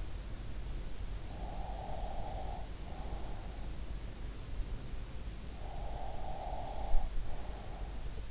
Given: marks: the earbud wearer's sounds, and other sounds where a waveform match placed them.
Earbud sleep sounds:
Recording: sounds in sleep by an in-ear microphone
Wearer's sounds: breath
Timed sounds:
0.94-4.15 s: breath
5.35-8.31 s: breath

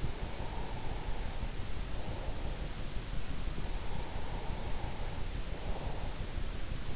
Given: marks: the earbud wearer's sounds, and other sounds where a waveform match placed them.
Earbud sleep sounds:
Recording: sounds in sleep by an in-ear microphone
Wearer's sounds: breath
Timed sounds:
0.00-2.97 s: breath
3.52-6.46 s: breath

